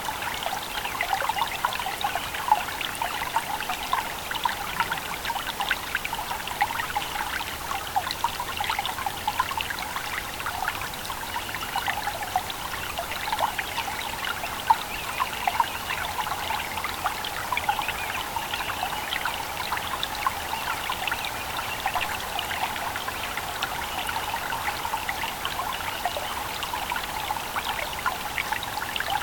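A gentle stream runs steadily for the whole stretch, a dense, even babble of trickling and pouring water with no pauses or build. The sound sits in the middle and upper range, bright, with little low rumble beneath it.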